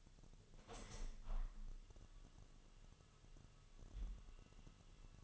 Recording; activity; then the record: daily activity, microphone in the room; open window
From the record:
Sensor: 4